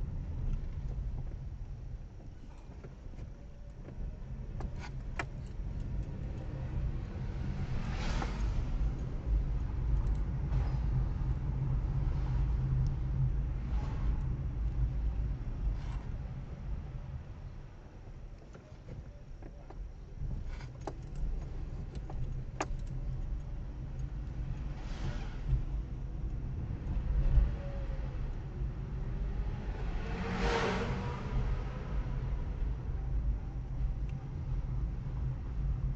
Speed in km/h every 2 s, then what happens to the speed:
9, 0, 8, 17, 27, 26, 26, 23, 8, 2, 15, 21, 21, 21, 21, 22, 24, 23.
0-3 slows to 0. 3-8 pulls away to 27. 8-19 slows to 2. 19-22 pulls away to 21. 22-36 steady at about 21.